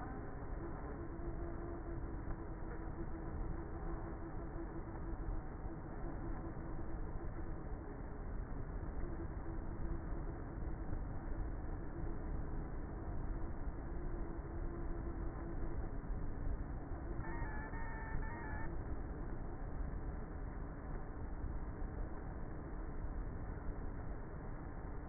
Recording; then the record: honeybee colony, microphone inside the hive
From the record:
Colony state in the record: queenless with a low population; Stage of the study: before two queens were removed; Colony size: about 30,000 bees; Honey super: no